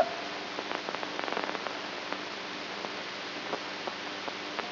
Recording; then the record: brain microelectrode recording played as sound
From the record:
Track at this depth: outside the subthalamic nucleus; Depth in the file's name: 7.105 mm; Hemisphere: right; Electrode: 3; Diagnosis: Parkinson's disease